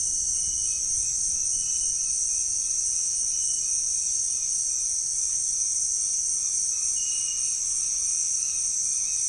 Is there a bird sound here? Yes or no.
no